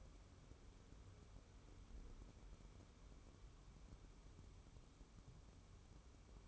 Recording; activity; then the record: daily activity, microphone in the room; wipe stove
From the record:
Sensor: 1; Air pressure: 1015.1 hPa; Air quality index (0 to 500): 46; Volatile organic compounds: 1 ppm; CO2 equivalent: 625 ppm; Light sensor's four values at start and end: 13/32/13/15 and 14/33/13/15